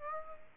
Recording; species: mosquito wingbeat signal from an infrared sensor; Aedes aegypti